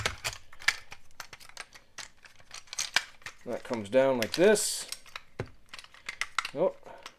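A plastic transforming panel on a Party Wagon robot toy is handled and folded down toward the toy vehicle body, producing a run of sharp plastic ticks and taps while someone talks. The part has not seated or clicked into place yet.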